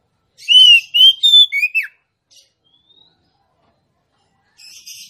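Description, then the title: Oriental magpie-robin whistles a single phrase of sliding notes that climb and then plunge, followed by near silence and a faint buzzy sound at the end. Female Oriental magpie-robin song used to lure a male that has stopped singing into singing and fighting; described as persistent full bursts of song. "KACER NGOTOT FULL TEMBAKAN. Suara kacer betinamemancing kacer jantan yg macet bunyi"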